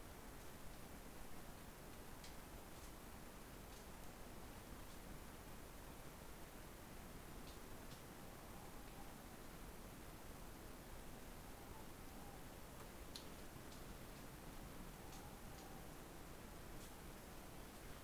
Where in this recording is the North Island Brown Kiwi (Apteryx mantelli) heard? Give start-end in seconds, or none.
none